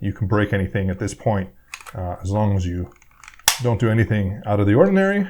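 Plastic side covers (handle panels) of an Xbox One S game controller are being pushed back onto the controller shell while someone talks. The clip ends before any cover goes home, and nothing has seated or clicked yet.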